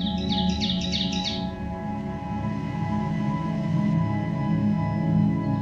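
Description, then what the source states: Ovenbird song: a short burst of several loud, repeated high phrases, then it stops, over a steady low hum. Drab thrush-like warbler of deep hardwood forests in eastern North America; song remembered by the mnemonic 'teacher, teacher, teacher'.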